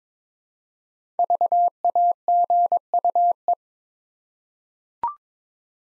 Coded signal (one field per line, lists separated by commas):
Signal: Morse code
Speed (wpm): 22 wpm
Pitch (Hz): 700 Hz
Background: none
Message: VAGUE